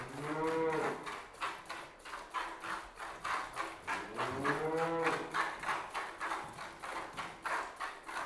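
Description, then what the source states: Cow giving two loud, drawn-out moos, each about a second long, over the quick rhythm of milk squirting. One cow being hand-milked, giving some loud moos; livestock.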